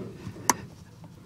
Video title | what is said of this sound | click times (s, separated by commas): 2007 HONDA ACCORD - Catalytic Converter STOLEN!!! - Replacing the Catalytic Converter and o2 Sensor | here you can hear it click oh there we go there it is | 0.5 s